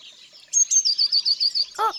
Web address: la-mesange-bleue, cuicui-et-compagnie